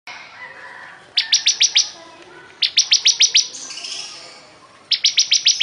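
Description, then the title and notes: Bar-winged prinia song: bursts of several sharp, high chipping notes in rapid series, separated by softer, thin high trilling and pauses. Singing vigorously (gacor). "Suara Burung Ciblek Gacor"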